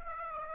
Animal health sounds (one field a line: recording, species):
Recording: mosquito wingbeat signal from an infrared sensor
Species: Aedes aegypti